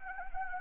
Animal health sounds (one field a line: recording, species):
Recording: mosquito wingbeat signal from an infrared sensor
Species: Anopheles arabiensis